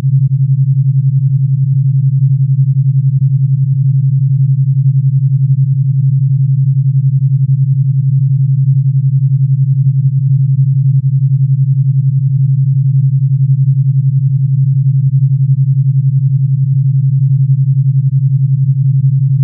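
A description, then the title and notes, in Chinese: A pure 11 Hz alpha brainwave tone: a single steady, low, smooth hum held at constant loudness throughout, with no other sounds. 纯阿尔法脑波11Hz丨α频率。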